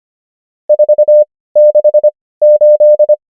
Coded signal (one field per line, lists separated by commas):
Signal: Morse code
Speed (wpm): 25 wpm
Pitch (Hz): 600 Hz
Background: none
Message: 468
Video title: morse code practice | 25wpm | 17fw | numbers | ENGLISH